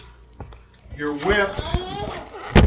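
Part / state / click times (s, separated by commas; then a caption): whisk attachment onto stand mixer head / seated / 2.6 s. A whisk attachment is fitted onto a stand mixer head while someone talks. Earlier faint taps are heard near 0.4 s, then a single sharp, loud click at 2.6 s as the whisk locks into place.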